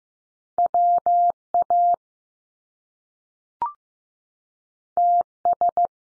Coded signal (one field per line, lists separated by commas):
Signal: Morse code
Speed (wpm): 15 wpm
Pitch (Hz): 700 Hz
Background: none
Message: W A T S